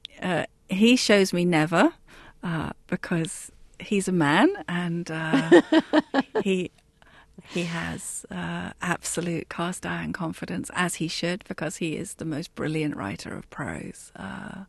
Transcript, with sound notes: He shows me never, because he's a man and...
(SOUNDBITE OF LAUGHTER)
...he has absolute cast-iron confidence, as he should because he is the most brilliant writer of prose.